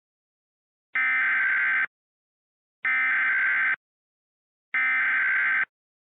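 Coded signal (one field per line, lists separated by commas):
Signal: Emergency Alert System (SAME) tones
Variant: header bursts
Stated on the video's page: Recreated mock EAS alert of the Hawaii false alarm.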